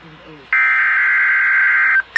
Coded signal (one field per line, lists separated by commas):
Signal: Emergency Alert System (SAME) tones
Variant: header bursts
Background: speech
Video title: EAS Special Marine Warning on NOAA weather radios! (6/26/2021) (EAS #33)